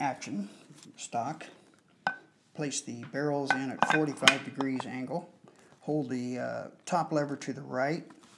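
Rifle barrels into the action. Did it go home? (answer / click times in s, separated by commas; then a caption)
no / none. The barrels of a Chapuis Safari Express double rifle in .470 NE are placed into the action at a 45° angle while the top lever is held to the right, and someone talks throughout, with one brief sharp sound at 2.1 s. The barrels have not seated or clicked into the action yet.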